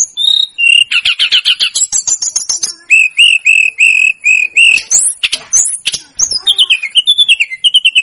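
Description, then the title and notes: Snowy-browed flycatcher song: high whistles and a fast trill, then a steady row of repeated level whistled notes, ending in twittering slurs. Masteran recording for training cage birds; local names tledekan gunung and sikatan gunung. "Masteran Tledekan Gunung Sikatan Gunung 1. BURUNG TLEDEKAN"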